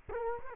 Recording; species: mosquito wingbeat signal from an infrared sensor; Culex quinquefasciatus